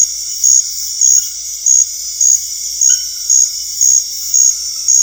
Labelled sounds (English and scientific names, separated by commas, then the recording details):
none
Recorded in dense forest near Puerto Asís, Putumayo, Colombia, on 20 February 2024 at 02:30
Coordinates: 0.485, -76.318
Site G6408